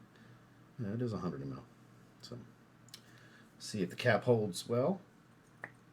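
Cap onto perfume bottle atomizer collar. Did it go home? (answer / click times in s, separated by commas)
yes / 5.6 s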